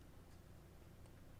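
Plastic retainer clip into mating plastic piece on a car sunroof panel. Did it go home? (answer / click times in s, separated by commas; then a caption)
no / none. While a Mercedes sunroof panel is being reupholstered, a second plastic retainer clip is handled against its mating plastic piece. Only steady, low-level background noise is heard, with no sharp sounds. Nothing has seated or clicked yet.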